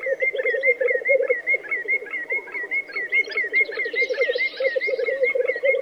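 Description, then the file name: Black grouse giving continuous low bubbling, cooing song that rolls on in rapid pulses, with a clipped higher note repeated several times a second above it. "black grouse bird song"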